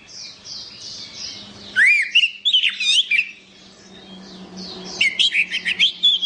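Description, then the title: Orange-headed thrush song: loud, varied bursts of slurred whistles and rapid twittering notes, with softer repeated chirps before and between the bursts. "Anis Merah"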